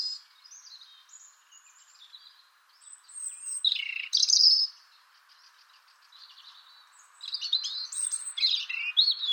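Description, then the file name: European robin song: high warbled phrases and thin whistles over a steady background hiss, with louder bursts midway and at the end. "Erithacus rubecula"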